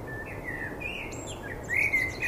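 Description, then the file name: Common blackbird calling with thin, level whistled notes, ending in a brighter burst of high notes, over a low noise hum. "Turdus merula"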